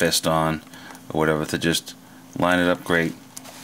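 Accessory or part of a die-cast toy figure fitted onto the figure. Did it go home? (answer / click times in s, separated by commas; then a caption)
no / none. Someone talks while lining up an accessory part to fit onto a die-cast toy figure, with a faint tick of handling near the end. Nothing has seated or clicked into place yet.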